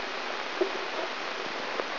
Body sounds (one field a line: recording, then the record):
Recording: brain microelectrode recording played as sound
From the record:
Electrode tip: inside the subthalamic nucleus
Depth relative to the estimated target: -0.5 mm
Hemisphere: left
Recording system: AlphaMap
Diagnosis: Parkinson's disease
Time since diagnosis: 9 years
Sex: female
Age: 63 years